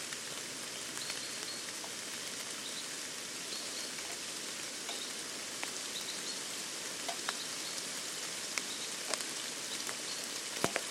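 A summer field recording from Badbury Rings in Dorset, filled with a steady, dense hiss much like rain pattering on a surface. Sharp little ticks and drips pop out every so often, growing more frequent and a bit louder over the last few seconds.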